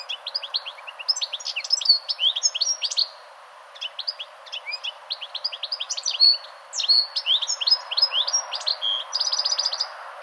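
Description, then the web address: European goldfinch song: rapid, tinkling twitters and liquid chirps in long bubbling phrases, with a short pause near three and a half seconds and a buzzy trill toward the end. "2010 05 chardonneret"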